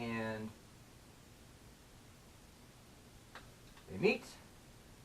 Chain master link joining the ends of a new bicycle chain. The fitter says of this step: they snap into place and my hands are filthy but that is now brand-new